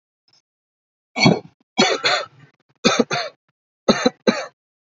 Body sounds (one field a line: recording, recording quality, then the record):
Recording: shallow voluntary cough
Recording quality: excellent, no background noise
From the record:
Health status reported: healthy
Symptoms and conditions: cough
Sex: male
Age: 26 years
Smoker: not ticked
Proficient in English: yes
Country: India